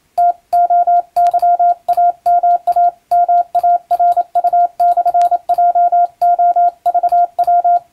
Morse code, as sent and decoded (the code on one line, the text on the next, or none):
- --- -.-- .- -- .- -- .- .-. ..- -..-. .--- --- ...- .--
TOYAMAMARU/JOVW